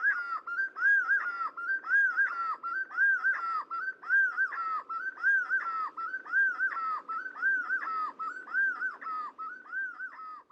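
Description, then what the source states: Black-fronted wood quail chorus of mellow whistled notes, rising and falling in quick repeated phrases, continuous throughout. Recorded in Colombia; several birds calling together.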